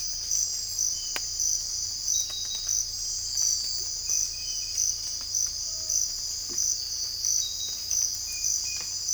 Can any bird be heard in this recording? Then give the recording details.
yes. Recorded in secondary vegetation near Puerto Asís, Putumayo, Colombia, on 18 December 2024 at 05:00. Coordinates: 0.481, -76.318. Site G042